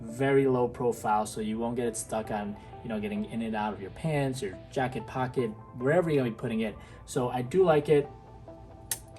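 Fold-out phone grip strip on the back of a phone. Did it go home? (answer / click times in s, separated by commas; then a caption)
released / 8.9 s. A slim SleekStrip ultra-thin phone grip and stand, stuck to the back of a phone, is pushed so it pops up out of its flat position. Someone talks over music, then the grip releases with a sharp, satisfying little click at 8.9 s.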